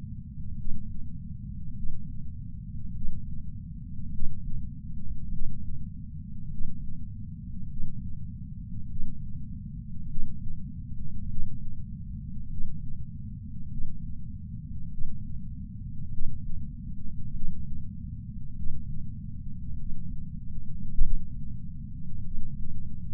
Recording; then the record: heart sounds by patch sensor on the chest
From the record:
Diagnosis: coronary artery disease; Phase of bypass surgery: intraoperative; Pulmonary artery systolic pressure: 33 mmHg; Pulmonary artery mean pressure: 24 mmHg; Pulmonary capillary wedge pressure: 16 mmHg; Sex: male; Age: 71 years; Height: 160 cm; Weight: 67 kg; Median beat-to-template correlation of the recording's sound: 0.94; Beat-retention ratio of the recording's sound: 0.98